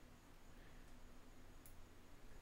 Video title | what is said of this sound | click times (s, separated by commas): Building an ITG2 dance pad replica - episode 5: More assembly + wiring | a quiet little click there that's audible that means it's gone all the way in and is anchored into place | 1.7 s